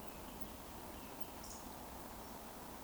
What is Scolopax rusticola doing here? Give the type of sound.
whistle